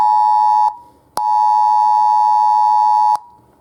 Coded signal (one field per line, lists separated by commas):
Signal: Emergency Alert System (SAME) tones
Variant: 853 and 960 Hz attention tone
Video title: EAS Test